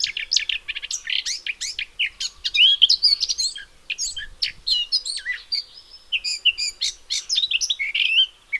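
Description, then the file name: Eurasian blackcap song: an energetic, rambling warble of fast chattering and clear fluty notes. "Sylvia atricapilla"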